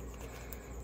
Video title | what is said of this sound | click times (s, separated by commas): Sample of splicing two #6 gauge wires | you just put it over the top of that and push till you hear it snap on now | 0.5 s